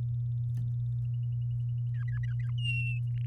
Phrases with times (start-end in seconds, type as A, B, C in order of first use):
1.94-2.51 A, 2.58-2.99 B